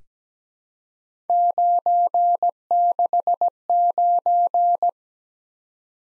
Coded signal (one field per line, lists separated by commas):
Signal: Morse code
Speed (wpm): 17 wpm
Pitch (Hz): 700 Hz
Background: none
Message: 969